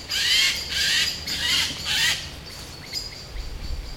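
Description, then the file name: Eurasian jay uttering four loud, rasping screeches in quick succession, each about half a second, followed by softer chirps from other birds. "Garrulus glandarius"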